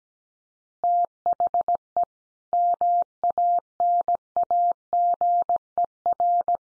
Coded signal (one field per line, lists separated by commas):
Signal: Morse code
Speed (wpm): 17 wpm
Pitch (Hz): 700 Hz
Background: none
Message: THE MANAGER